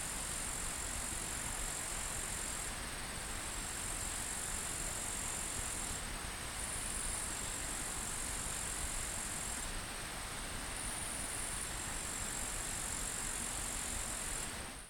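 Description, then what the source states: Cricket chorus as a steady, very high buzz that breaks off briefly several times, over continuous rushing water noise. Recorded by a forest river in Waldviertel, Austria.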